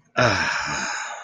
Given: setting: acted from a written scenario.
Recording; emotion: vocal sound without words; contentment